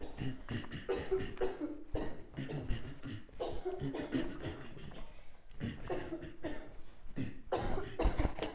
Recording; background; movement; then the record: throat clearing; a bystander coughing; walking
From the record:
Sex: male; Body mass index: 23.7 kg/m2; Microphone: on the chest, facing outward